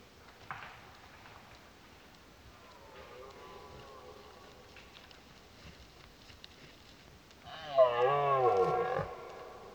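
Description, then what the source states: Red deer roar: a soft wavering groan midway, then one loud, rough, descending bellow lasting under two seconds. Rutting roars heard in the distance.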